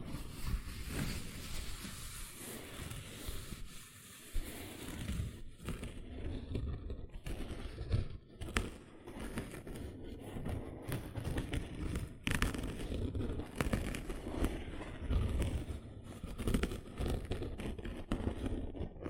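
Gentle scratching runs continuously with dense, rough rustles and frequent sharp clicks and scrapes, bright at first, growing lower and grittier after five seconds.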